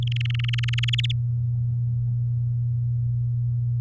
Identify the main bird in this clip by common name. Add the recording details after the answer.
Domestic Canary. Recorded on 8 May 2018 at 19:47. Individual llb16